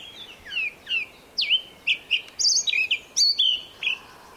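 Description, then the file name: Eurasian blackcap uttering a run of many short high notes in quick succession, some sliding down and others flat. "Sylvia atricapilla"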